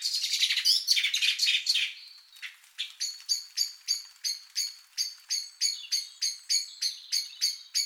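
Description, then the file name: Common blackbird giving scolding calls: a burst of hurried high chattering, then sharp clicking notes repeated about three times per second. "Merle noir"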